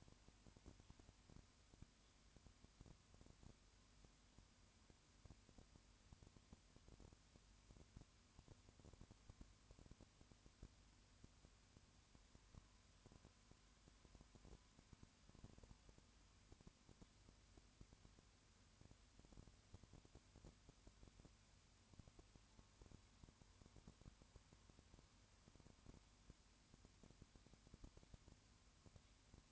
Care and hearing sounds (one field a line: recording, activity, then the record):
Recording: daily activity, microphone in the room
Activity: no activity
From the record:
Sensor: 2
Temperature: 20.3 degrees Celsius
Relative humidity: 35.6%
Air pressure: 1001.0 hPa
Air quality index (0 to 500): 197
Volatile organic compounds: 5 ppm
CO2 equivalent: 1733 ppm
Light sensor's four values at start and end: 2/3/2/2 and 2/3/2/2